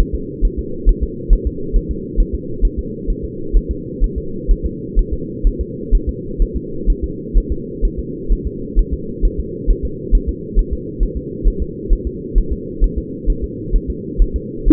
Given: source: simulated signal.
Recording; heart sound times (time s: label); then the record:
fetal heart sounds
0.00 s: S1
0.14 s: S2
0.45 s: S1
0.59 s: S2
0.89 s: S1
1.03 s: S2
1.33 s: S1
1.47 s: S2
1.76 s: S1
1.91 s: S2
2.20 s: S1
2.35 s: S2
2.65 s: S1
2.79 s: S2
3.10 s: S1
3.24 s: S2
3.57 s: S1
3.71 s: S2
4.04 s: S1
4.18 s: S2
4.51 s: S1
4.66 s: S2
4.99 s: S1
5.13 s: S2
5.47 s: S1
5.61 s: S2
5.95 s: S1
6.09 s: S2
6.42 s: S1
6.56 s: S2
6.90 s: S1
7.04 s: S2
7.38 s: S1
7.52 s: S2
7.85 s: S1
7.99 s: S2
8.32 s: S1
8.47 s: S2
8.79 s: S1
8.93 s: S2
9.25 s: S1
9.39 s: S2
9.70 s: S1
9.85 s: S2
10.15 s: S1
10.29 s: S2
10.59 s: S1
10.73 s: S2
11.03 s: S1
11.17 s: S2
11.48 s: S1
11.62 s: S2
11.93 s: S1
12.07 s: S2
12.38 s: S1
12.52 s: S2
12.84 s: S1
12.98 s: S2
13.30 s: S1
13.44 s: S2
13.75 s: S1
13.90 s: S2
14.22 s: S1
14.36 s: S2
14.69 s: S1
From the record:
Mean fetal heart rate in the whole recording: 130 bpm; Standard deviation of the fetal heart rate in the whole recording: 4 bpm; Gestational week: 38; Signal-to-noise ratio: -4.3 dB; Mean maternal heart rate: 72 bpm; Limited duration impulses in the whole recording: present